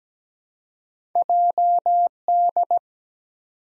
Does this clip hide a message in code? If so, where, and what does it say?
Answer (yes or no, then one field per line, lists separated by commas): yes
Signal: Morse code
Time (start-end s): 1.2-2.8 s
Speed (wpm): 17 wpm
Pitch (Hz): 700 Hz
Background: none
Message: JD